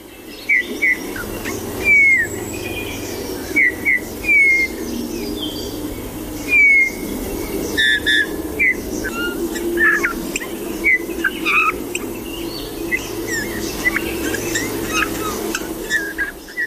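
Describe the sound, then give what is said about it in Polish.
A Eurasian bullfinch sings a string of soft, piping whistled notes and short chirps at irregular intervals, mid-pitched and fairly quiet, over a steady low background hum. “Tak się zasłuchałem w śpiew Gila.”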